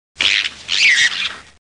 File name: Lemur catta intermediate and shriek var 1